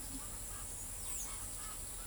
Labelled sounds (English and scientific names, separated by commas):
Chestnut-winged Chachalaca (Ortalis garrula), Blue-gray Tanager (Thraupis episcopus)